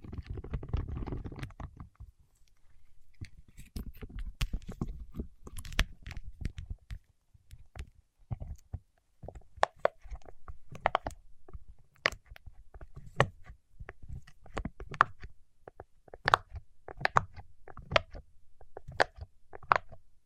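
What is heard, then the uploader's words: Waxy fingertips make a low, soft rubbing for the first two seconds, then sharp sticky clicks and taps follow at an irregular, fairly quick pace. ASMR with Wax Fingertips for Sleep (No Talking).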